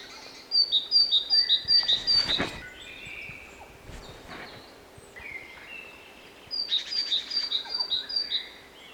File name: Parus major